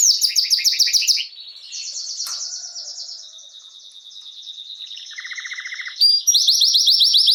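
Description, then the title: Canary trilling loudly, dropping to a soft rolling passage mid-way, a low short rattle, then resuming strong fast trills. Male Belgian canary named Raiden, singing a lot; used to warm up and train young canaries. "Esquente Seu Filhote E Canario Belga Em 30 Minutos Macho Cantando Muito. Canrio Belga RAIDEN Cantando Muito - Esquente seu Canrio Belga"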